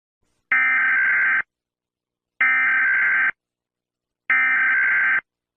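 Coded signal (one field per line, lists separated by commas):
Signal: Emergency Alert System (SAME) tones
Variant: header bursts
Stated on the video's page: Fictional tornado alert scenario set in a Roblox game.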